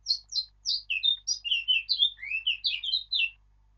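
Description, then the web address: Eurasian blackcap singing a long, flowing warble of rapid whistled notes, varied and melodious, running for over three seconds without a break. "birdsong Sylvia atricapilla"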